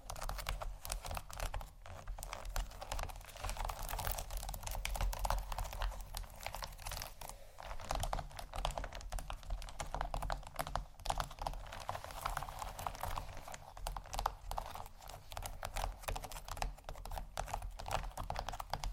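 Textured bags are handled continuously, giving a dense run of rapid, crisp crackles and ticks that reach high and bright. The activity stays fairly even across the whole stretch, with brief louder bursts now and then over a low, steady hum underneath.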